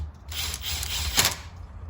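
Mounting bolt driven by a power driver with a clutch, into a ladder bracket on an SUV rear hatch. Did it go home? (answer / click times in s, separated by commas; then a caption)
yes / 1.2 s. A power driver runs a mounting bolt for a ladder bracket into the rear hatch of a 2021 4Runner, its motor whirring from about 0.3 s. The clutch clicks sharply at 1.2 s as the bolt is driven home, confirming it has reached torque without being forced.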